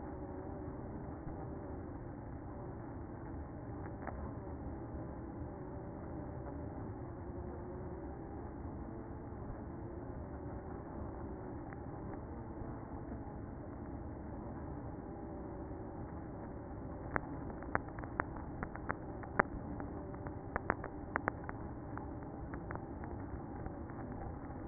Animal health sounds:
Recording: honeybee colony, microphone inside the hive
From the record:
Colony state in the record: queen present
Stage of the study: after two queens were removed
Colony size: about 60,000 bees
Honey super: yes

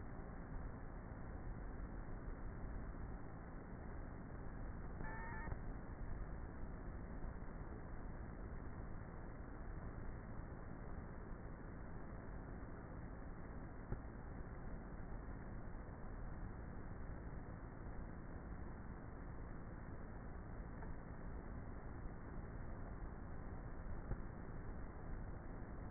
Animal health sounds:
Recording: honeybee colony, microphone inside the hive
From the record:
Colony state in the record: queenless with a low population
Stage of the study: before two queens were removed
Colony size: about 30,000 bees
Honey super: no

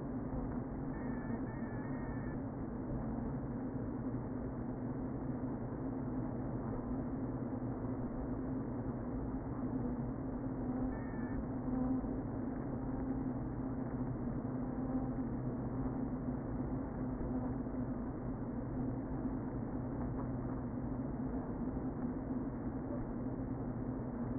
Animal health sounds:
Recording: honeybee colony, microphone inside the hive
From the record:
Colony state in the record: queen present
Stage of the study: before two queens were removed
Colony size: about 60,000 bees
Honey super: yes

